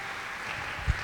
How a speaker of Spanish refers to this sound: Dale un aplauso al Cristo de la gloria.